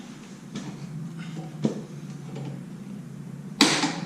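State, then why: Torque reached. A click-type torque wrench set to 60 lb-ft tightens a 17 mm shock absorber mounting bolt on the frame of a 2022 Indian Scout Bobber during a Fox shocks upgrade. Softer knocks at about 0.6 and 1.7 s come before a sharp, loud click at 3.6 s, when the wrench reaches its torque setting.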